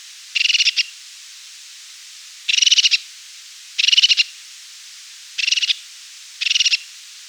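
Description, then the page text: Crested tit calling with brief rattling purrs of fast stuttered notes, five bursts at uneven gaps of under one to about two seconds. "Crested Tit Call. Quick Sounds"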